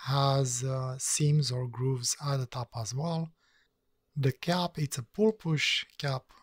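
A push-pull cap on a 22STUDIO Seam fountain pen is handled over the pen body while someone talks. The cap has not yet been pressed home, so nothing has seated or clicked yet.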